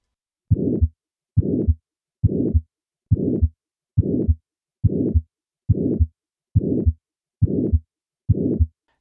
Systolic ejection murmur reflects turbulent flow across a semilunar valve. Ejection murmurs are the most common type of murmur.